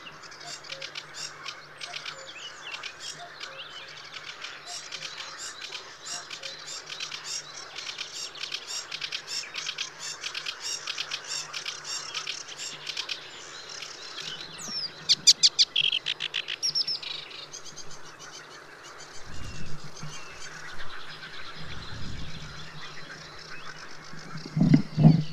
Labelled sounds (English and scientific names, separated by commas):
Sedge Warbler (Acrocephalus schoenobaenus) song